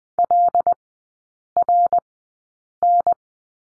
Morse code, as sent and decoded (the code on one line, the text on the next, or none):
.-.. .-. -.
LRN